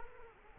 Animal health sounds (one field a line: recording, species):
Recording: mosquito wingbeat signal from an infrared sensor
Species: Culex quinquefasciatus